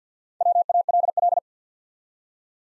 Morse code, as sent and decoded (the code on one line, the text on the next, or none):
.-- .- .-.. .-..
WALL